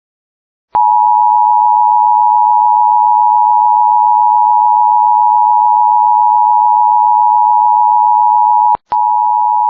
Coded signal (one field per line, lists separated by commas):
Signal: Emergency Alert System (SAME) tones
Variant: 853 and 960 Hz attention tone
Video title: CAE for Texas and an RWT for parts of the US! (New EAS 30-31) (We made it!)